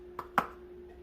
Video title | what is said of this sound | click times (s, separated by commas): how to make espresso (delonghi ecp3420) | You just set it on the portafilter and you push it in, and you hear a pop. | 0.4 s